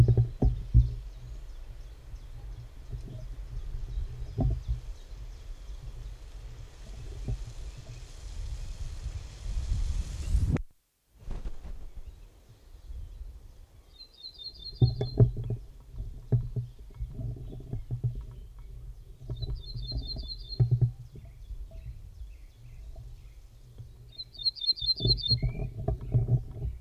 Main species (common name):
Ortolan Bunting